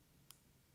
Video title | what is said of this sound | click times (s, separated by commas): HOW-TO - Replace The Navigation Head On Your Power-Pole MOVE | our white connector here line it up with the tab you'll actually hear it click once it's all the way in | 0.3 s